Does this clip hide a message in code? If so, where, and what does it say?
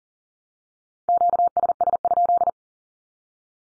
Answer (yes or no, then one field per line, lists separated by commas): yes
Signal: Morse code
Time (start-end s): 1.1-2.5 s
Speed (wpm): 40 wpm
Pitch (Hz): 700 Hz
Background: none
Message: QSS?